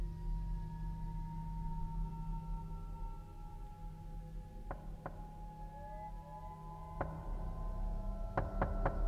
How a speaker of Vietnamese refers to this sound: Ai ngờ dây lưng còn chưa kịp cởi thì tiếng gõ cửa lại vang lên.